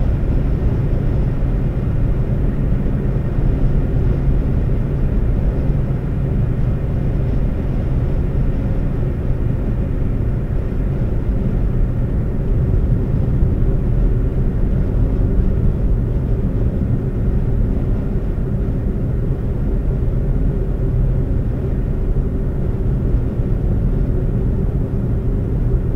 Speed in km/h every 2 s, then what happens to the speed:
130, 130, 130, 130, 129, 124, 119, 116, 114, 111, 111, 109, 108.
0-7 steady at about 130. 7-26 slows to 108.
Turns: none.